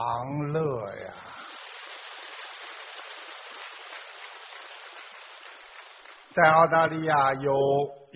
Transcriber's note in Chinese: 掌声